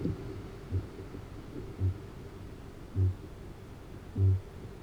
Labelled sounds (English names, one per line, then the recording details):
Kākāpō boom
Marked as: faintness 3/5
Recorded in New Zealand
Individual Arab